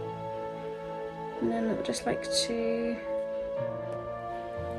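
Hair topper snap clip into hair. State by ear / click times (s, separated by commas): not seated / none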